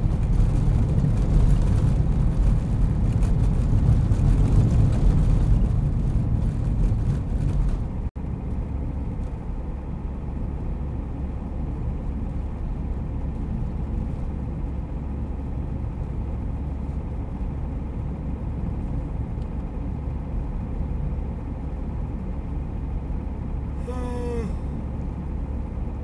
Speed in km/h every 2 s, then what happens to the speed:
57, 54, 53, 52, 51, 51, 50, 51, 51, 51, 51, 52, 50.
0-8 slows to 51. 8-26 steady at about 51.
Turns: none.